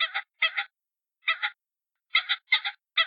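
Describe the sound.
A voice imitates a hen pheasant's clucking: six raspy, double-pulsed clucks in uneven groups, with short silent gaps between them and a longer pause in the middle.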